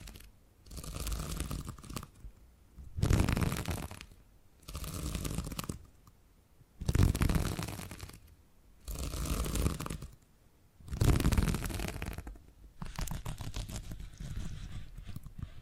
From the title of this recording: Purring Triggers